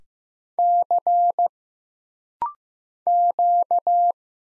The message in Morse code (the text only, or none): C Q